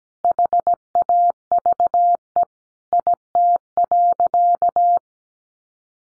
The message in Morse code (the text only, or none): HAVE IT.